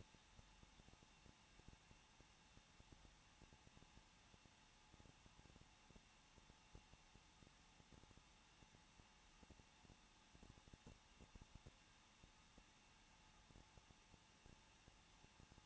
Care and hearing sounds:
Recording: daily activity, microphone in the room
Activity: no activity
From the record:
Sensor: 1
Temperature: 20.1 degrees Celsius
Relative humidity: 39.1%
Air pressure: 1006.4 hPa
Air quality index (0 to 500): 216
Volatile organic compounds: 73 ppm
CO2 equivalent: 3543 ppm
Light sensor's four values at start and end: 1/2/1/1 and 1/2/1/1

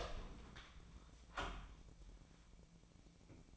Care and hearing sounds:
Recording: daily activity, microphone in the room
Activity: open door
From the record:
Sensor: 1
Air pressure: 1009.3 hPa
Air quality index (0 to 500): 182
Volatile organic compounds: 3 ppm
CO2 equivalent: 1533 ppm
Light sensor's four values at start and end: 41/111/46/54 and 42/112/46/55

